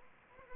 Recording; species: mosquito wingbeat signal from an infrared sensor; Anopheles arabiensis